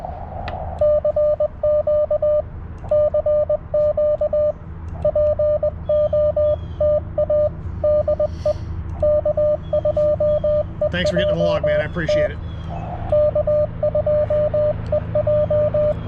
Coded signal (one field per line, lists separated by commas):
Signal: Morse code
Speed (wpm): 22 wpm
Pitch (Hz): 600 Hz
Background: speech, radio noise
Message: CQ CQ POTA DE K2EJT K2EJ